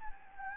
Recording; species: mosquito wingbeat signal from an infrared sensor; Anopheles gambiae